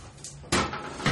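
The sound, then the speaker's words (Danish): A commode chair with a person seated on it is rolled into place over a toilet, the chair slightly higher than the toilet: a soft low rumble, then a loud hollow clunk and a second bump a moment later. No one speaks. “Stolen er lidt højere end toilettet, så man kan køre den ind over toilettet.”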